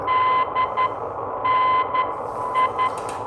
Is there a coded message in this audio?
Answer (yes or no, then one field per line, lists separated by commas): yes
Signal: Morse code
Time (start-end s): 0.1-2.9 s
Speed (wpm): 12 wpm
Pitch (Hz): 1020 Hz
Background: radio noise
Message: DNI